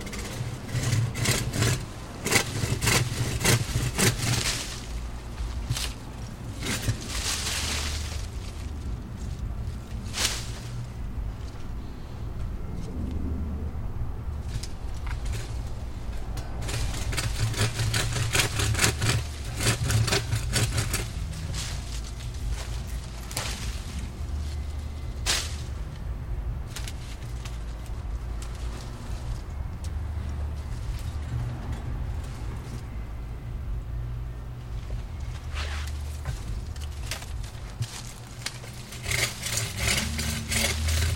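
Two small apple trees are being cut down in a backyard, with a steady low engine drone running through the whole stretch. Sharp cracks and snaps of wood break in often, clustering near the start, the middle and the last few seconds.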